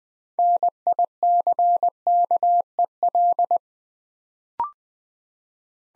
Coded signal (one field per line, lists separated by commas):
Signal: Morse code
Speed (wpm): 20 wpm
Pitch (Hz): 700 Hz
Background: none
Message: NICKEL